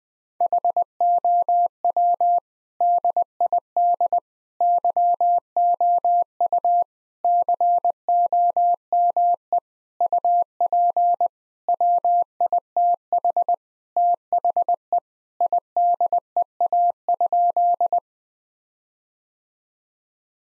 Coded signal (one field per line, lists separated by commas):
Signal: Morse code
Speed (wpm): 21 wpm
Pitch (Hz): 700 Hz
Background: none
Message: HOW DID YOU COME UP WITH THE IDEA?